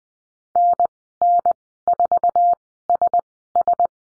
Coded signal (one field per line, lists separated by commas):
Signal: Morse code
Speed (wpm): 20 wpm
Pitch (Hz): 700 Hz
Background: none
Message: NN4SS